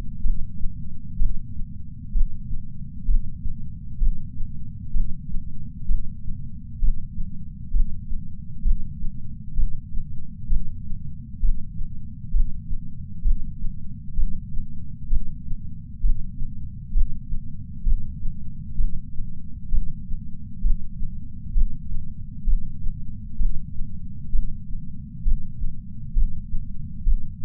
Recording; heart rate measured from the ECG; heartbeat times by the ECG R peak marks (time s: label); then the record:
heart sounds by patch sensor on the chest; 65 bpm
0.20 s: heartbeat
1.16 s: heartbeat
2.10 s: heartbeat
3.04 s: heartbeat
3.97 s: heartbeat
4.90 s: heartbeat
5.85 s: heartbeat
6.78 s: heartbeat
7.70 s: heartbeat
8.61 s: heartbeat
9.53 s: heartbeat
10.46 s: heartbeat
11.38 s: heartbeat
12.30 s: heartbeat
13.21 s: heartbeat
14.13 s: heartbeat
15.07 s: heartbeat
15.99 s: heartbeat
16.91 s: heartbeat
17.82 s: heartbeat
18.74 s: heartbeat
19.68 s: heartbeat
20.60 s: heartbeat
21.51 s: heartbeat
22.43 s: heartbeat
23.35 s: heartbeat
24.29 s: heartbeat
25.21 s: heartbeat
26.12 s: heartbeat
27.02 s: heartbeat
From the record:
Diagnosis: coronary artery disease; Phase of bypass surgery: intraoperative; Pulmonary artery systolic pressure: 22 mmHg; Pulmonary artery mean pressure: 15 mmHg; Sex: female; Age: 60 years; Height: 158 cm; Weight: 54 kg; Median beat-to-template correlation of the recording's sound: 0.93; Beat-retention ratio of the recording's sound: 0.95